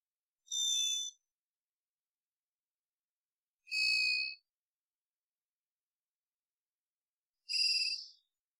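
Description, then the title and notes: Varied thrush song: three burry, vibrating whistles at differing pitches, each under a second long and separated by long silent gaps. Immature, possibly juvenile bird giving an odd song like warming-up practice; Pacific Northwest, Washington, United States; parabolic microphone, processed for clarity. "Varied Thrush - Immature. Varied Thrush, Ixoreus naevius, song, odd, like warming-up practice, perhaps juvenile. Pacific Northwest, Washington, United States"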